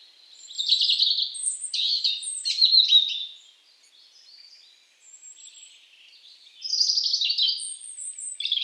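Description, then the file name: European robin song in two bursts of sweet, high, jumbled notes and trills, separated by a quieter stretch of thin, wavering twitters. "Erithacus rubecula"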